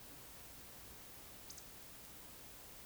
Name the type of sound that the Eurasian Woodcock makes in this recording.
whistle